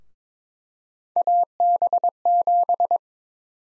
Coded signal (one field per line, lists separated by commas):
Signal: Morse code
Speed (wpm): 22 wpm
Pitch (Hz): 700 Hz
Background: none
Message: AB7